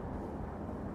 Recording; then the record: background sound without coughing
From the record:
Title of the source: Train Ride Ambience ambient white noise for sleeping, focus, studying, reading